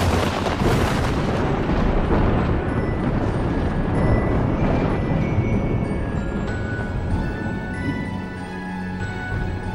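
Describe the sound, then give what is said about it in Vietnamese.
A thunderous lightning strike: a sharp, bright crack early on gives way to a loud, rolling low rumble that stays heavy and slowly eases over the following seconds, with no voices. “Luồng sét đánh đùng đùng, ghê rợn đến chói lòa cả mắt.”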